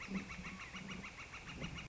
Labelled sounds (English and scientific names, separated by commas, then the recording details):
Northern Flicker (Colaptes auratus)
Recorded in Sonoma County, California